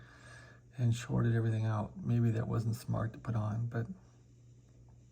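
A rewound 80 m antenna coil for a National NC-300 shortwave receiver is handled near its mount in the receiver while someone talks. Nothing has seated or clicked into place yet.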